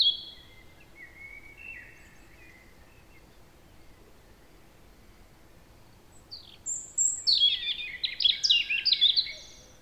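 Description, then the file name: European robin song, a few quiet thin notes at first, then a bright cascade of fast, high tinkling trills near the end. "Erithacus rubecula"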